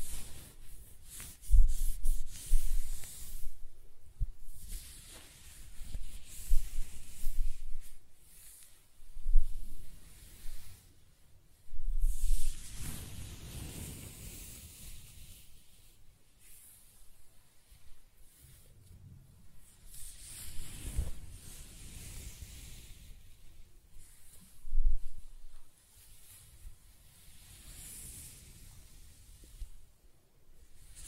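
Close-up hair being scratched, brushed and stroked: soft, hissy rubbing strokes in uneven waves, with a few sharper scratchy bursts near 2, 12 and 25 seconds.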